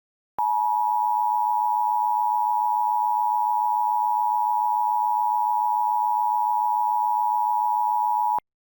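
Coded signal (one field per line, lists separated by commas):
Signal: Emergency Alert System (SAME) tones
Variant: 853 and 960 Hz attention tone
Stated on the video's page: Mock alert with valid tones, made with EAS Encoder software and Audacity.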